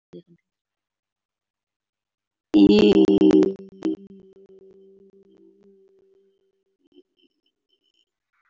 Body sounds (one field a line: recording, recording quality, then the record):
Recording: sustained vowel as in beet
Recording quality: poor, much background noise or distortion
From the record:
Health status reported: healthy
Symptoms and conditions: diabetes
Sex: female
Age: 46 years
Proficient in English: yes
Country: India